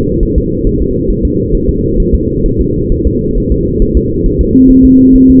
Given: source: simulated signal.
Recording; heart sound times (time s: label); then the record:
fetal heart sounds
0.23 s: S1
0.38 s: S2
0.67 s: S1
0.81 s: S2
1.10 s: S1
1.25 s: S2
1.55 s: S1
1.69 s: S2
2.00 s: S1
2.14 s: S2
2.46 s: S1
2.61 s: S2
2.92 s: S1
3.07 s: S2
3.38 s: S1
3.52 s: S2
3.82 s: S1
3.97 s: S2
4.26 s: S1
4.41 s: S2
4.70 s: S1
4.85 s: S2
5.16 s: S1
5.30 s: S2
From the record:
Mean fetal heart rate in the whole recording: 130 bpm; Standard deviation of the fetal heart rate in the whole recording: 4 bpm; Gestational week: 38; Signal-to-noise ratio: -14.7 dB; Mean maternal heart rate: 72 bpm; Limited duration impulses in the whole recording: present